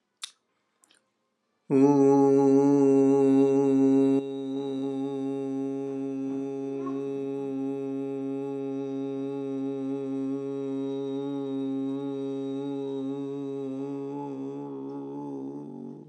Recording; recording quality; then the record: sustained vowel as in boot; excellent, no background noise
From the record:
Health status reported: healthy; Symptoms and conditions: hypertension, diabetes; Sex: male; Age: 64 years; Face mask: not worn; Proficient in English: yes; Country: India